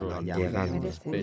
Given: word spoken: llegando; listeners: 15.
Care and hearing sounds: one Spanish word in noise, from a listening test; four-talker babble; 0.0 dB; 1 of 15; 9 of 15; 0.83 s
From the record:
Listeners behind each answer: 9, 2, 1, 1, 1, 1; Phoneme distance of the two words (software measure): 24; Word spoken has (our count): 3 syllables, 7 phonemes, stress on syllable 2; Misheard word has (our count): 3 syllables, 7 phonemes, stress on syllable 2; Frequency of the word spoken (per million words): 23.02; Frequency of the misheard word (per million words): 20.60

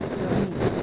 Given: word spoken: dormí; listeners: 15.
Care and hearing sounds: one Spanish word in noise, from a listening test; noise modulated by three-talker babble; -5.9 dB; 0 of 15; 9 of 15; 0.43 s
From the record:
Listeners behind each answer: 9, 4, 1, 1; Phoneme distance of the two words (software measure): 7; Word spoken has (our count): 2 syllables, 5 phonemes, stress on syllable 2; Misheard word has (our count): 2 syllables, 6 phonemes, stress on syllable 2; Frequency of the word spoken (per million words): 2.58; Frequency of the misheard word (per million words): 54.53

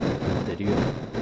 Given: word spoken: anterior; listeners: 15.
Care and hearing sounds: one Spanish word in noise, from a listening test; noise modulated by three-talker babble; -4.5 dB; 5 of 15; 8 of 15; 0.82 s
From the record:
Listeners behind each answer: 8, 5, 1, 1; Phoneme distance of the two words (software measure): 10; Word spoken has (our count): 3 syllables, 8 phonemes, stress on syllable 3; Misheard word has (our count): 3 syllables, 8 phonemes, stress on syllable 3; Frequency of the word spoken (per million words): 185.56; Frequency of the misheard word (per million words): 204.49

